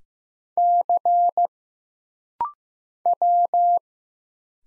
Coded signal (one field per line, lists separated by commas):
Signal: Morse code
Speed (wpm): 15 wpm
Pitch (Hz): 700 Hz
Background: none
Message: C W